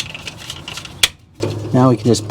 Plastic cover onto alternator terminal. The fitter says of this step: all right now I didn't forget this little plastic cover we just need to snap that back on